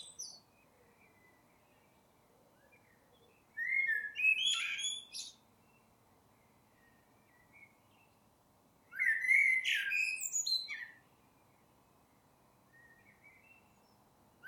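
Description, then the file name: Eurasian blackbird song, two separate phrases about five seconds apart, each a short fluty warble that breaks into squeaky, high twittered notes, with quiet pauses between. "Turdus merula"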